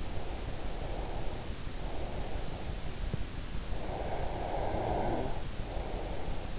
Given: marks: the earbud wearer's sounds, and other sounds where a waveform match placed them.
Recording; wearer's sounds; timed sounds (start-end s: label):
sounds in sleep by an in-ear microphone; breath, snoring breath
0.00-2.80 s: breath
3.60-6.23 s: snoring breath